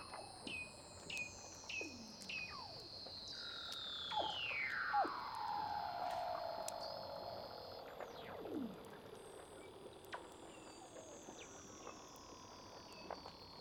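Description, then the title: Weddell seal underwater vocalizations: several long falling glides and held tones overlap, with brief chirps dotted throughout. "Douglas Quin - Weddell Seals (Underwater)"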